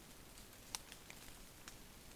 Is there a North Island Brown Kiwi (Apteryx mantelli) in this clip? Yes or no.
no